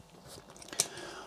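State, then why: Seated. The plastic clip on an adjustable strap of a fishing bag is pushed into its buckle. A few faint handling rustles and taps come first, then a sharp, bright snap at 0.8 s as the clip closes. The clip is seated and the strap is shut.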